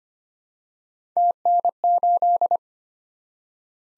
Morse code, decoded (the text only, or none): TN8